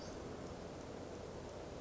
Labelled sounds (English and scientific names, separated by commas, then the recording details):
Western Flycatcher (Empidonax difficilis)
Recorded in Sonoma County, California